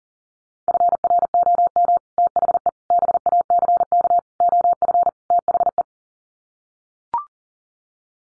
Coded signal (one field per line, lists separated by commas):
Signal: Morse code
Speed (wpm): 37 wpm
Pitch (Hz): 700 Hz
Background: none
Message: FROM THE BACK OF THE